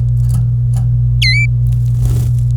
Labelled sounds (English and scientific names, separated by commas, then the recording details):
Domestic Canary (Serinus canaria) song
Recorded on 26 April 2018 at 09:53
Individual llb3